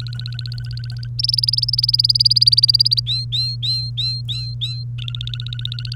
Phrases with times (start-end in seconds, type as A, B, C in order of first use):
0.00-1.07 A, 1.19-3.00 B, 3.06-4.83 C, 4.98-5.95 A